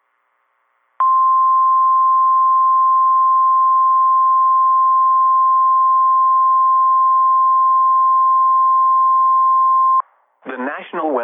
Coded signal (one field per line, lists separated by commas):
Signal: Emergency Alert System (SAME) tones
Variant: 1050 Hz attention tone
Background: speech